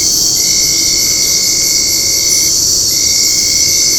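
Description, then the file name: European mole cricket even churring trill in long stretches separated by short gaps, with a bright high-pitched insect chorus throughout. "TB 220908 2100 Telinga Graz MAULgrill 2290 Hz 25 grad"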